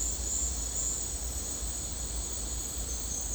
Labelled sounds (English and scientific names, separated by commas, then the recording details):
none
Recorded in dense forest near Puerto Asís, Putumayo, Colombia, on 18 December 2024 at 10:30
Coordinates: 0.466, -76.327
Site G075